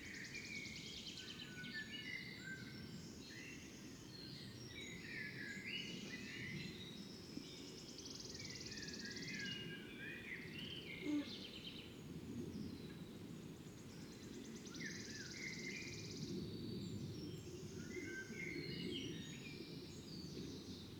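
Birds sing in the morning outside a fox den, several voices overlapping in bright chirps, trills and short phrases that come and go throughout. Beneath them runs a steady low rumble, with a brief soft knock around eleven seconds.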